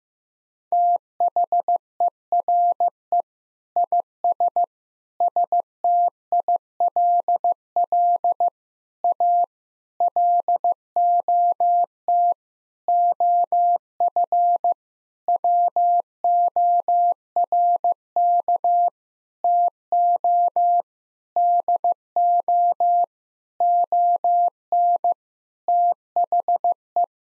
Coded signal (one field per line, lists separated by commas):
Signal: Morse code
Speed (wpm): 16 wpm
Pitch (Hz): 700 Hz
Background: none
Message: THERE IS STILL A LOT OF WORK TO DO ON THE